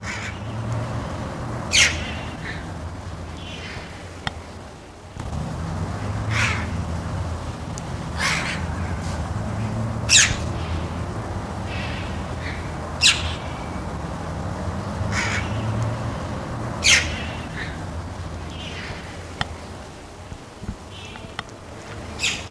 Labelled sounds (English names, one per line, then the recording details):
Red-billed Chough call
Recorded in captivity
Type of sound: call
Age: adult
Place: Zoo Berlin, Berlin, DE
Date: 1991-10-10
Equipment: Nagra SN, Kopie Tesla B 116
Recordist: Tembrock, Günter
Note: Rufe